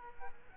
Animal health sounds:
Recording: mosquito wingbeat signal from an infrared sensor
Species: Aedes aegypti

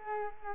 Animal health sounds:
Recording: mosquito wingbeat signal from an infrared sensor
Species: Culex quinquefasciatus

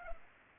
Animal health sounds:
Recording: mosquito wingbeat signal from an infrared sensor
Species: Culex pipiens

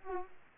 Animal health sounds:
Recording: mosquito wingbeat signal from an infrared sensor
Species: Aedes aegypti

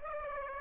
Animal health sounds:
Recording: mosquito wingbeat signal from an infrared sensor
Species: Aedes aegypti

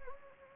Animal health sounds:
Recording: mosquito wingbeat signal from an infrared sensor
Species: Anopheles gambiae

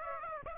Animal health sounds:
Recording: mosquito wingbeat signal from an infrared sensor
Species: Aedes aegypti

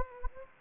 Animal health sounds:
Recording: mosquito wingbeat signal from an infrared sensor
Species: Anopheles gambiae

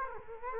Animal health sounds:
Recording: mosquito wingbeat signal from an infrared sensor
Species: Culex quinquefasciatus

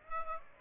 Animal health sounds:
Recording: mosquito wingbeat signal from an infrared sensor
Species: Aedes aegypti

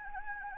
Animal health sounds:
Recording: mosquito wingbeat signal from an infrared sensor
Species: Anopheles gambiae

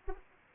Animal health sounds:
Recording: mosquito wingbeat signal from an infrared sensor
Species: Anopheles arabiensis

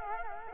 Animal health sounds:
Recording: mosquito wingbeat signal from an infrared sensor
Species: Culex quinquefasciatus

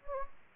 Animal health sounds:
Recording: mosquito wingbeat signal from an infrared sensor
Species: Anopheles gambiae

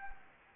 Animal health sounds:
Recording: mosquito wingbeat signal from an infrared sensor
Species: Anopheles gambiae

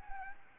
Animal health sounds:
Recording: mosquito wingbeat signal from an infrared sensor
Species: Anopheles arabiensis

